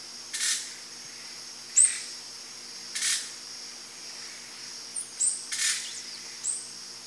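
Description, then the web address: Blue dacnis giving a few thin, very high calls mixed with short hissy bursts, spaced out. Group of birds calling and singing, eastern lowlands of South America. "Natures Songs S America Eastern Lowlands Dacnis cayana, calls and song group"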